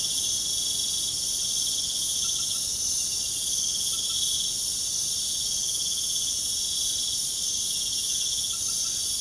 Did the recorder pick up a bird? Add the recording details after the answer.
no. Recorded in pastures near Puerto Asís, Putumayo, Colombia, on 30 June 2025 at 23:00. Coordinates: 0.497, -76.327. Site G040